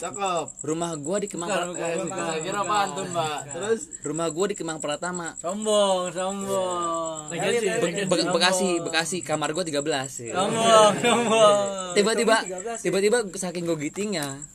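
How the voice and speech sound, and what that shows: An adult man who says he stutters tells a casual story in Indonesian, broken by stuttering: a blocked, repeated 'Be-Be-Bekasi', stretched syllables and restarted phrases.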